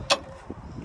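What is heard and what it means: The fold-up metal entry steps of a Cougar 24RDS RV are swung upward toward the door frame to latch in the raised position. A sharp, bright metallic clack comes at about 0.1 s, followed by a softer knock near 0.5 s and faint rattling. The steps have not latched or seated yet.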